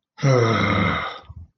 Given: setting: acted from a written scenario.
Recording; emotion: vocal sound without words; embarrassment